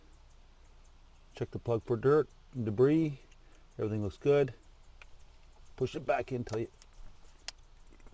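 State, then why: Seated. Someone talks while checking the plastic connector of the ABS wheel speed sensor on a 2006 Jetta for dirt, then pushes it back into its mating socket on the harness plug. A single sharp click is heard at 7.5 s, and the connector is seated.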